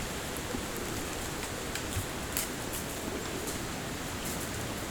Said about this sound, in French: Et ça, ce que tu entends là. Le bruit du vent dans les arbres, dans les branches, dans les feuilles.